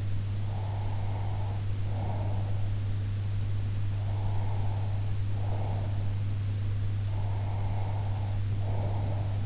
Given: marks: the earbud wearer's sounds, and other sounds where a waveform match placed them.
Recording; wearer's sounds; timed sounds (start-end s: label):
sounds in sleep by an in-ear microphone; breath
0.38-2.84 s: breath
3.95-5.95 s: breath
7.23-9.46 s: breath